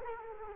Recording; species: mosquito wingbeat signal from an infrared sensor; Culex quinquefasciatus